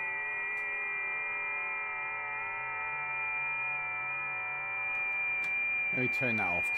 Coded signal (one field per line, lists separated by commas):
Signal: FT8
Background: speech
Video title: Amatuer Radio and Chat Live M7WLO